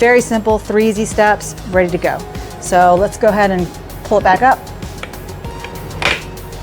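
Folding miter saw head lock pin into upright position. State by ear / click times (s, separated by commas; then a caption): seated / 6.1 s. Someone talks over background music as the cutting head of a Craftsman 10in folding compound miter saw is pulled back up into the upright position, with a few light handling knocks between 4.8 and 5.7 s. The head lock pin snaps into place with a sharp click at 6.1 s, locking the head upright.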